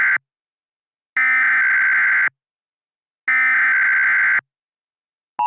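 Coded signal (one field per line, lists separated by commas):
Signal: Emergency Alert System (SAME) tones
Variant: header bursts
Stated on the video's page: Fictional EAS scenario about an asteroid impact near the West Coast.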